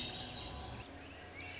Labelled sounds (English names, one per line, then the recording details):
Swainson's Thrush
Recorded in Sonoma County, California